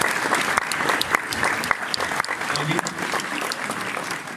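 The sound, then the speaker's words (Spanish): An audience claps steadily for a speaker, a dense, sustained patter of many hands at moderate loudness that holds evenly for several seconds without fading. “Un aplauso a Carlitos.”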